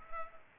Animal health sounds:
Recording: mosquito wingbeat signal from an infrared sensor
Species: Culex pipiens

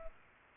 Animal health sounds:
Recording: mosquito wingbeat signal from an infrared sensor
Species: Aedes albopictus

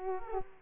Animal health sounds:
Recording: mosquito wingbeat signal from an infrared sensor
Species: Culex quinquefasciatus

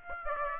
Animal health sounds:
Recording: mosquito wingbeat signal from an infrared sensor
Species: Aedes aegypti

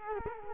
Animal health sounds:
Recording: mosquito wingbeat signal from an infrared sensor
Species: Culex quinquefasciatus

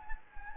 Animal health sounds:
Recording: mosquito wingbeat signal from an infrared sensor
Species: Anopheles gambiae

